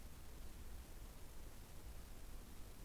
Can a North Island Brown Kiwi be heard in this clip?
no